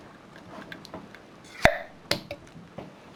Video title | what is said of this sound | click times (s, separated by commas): Opening a Large Jar Without Straining Your Wrist | when you hear the p you know the seal is broken and the outside air is rushed in notice | 2.1 s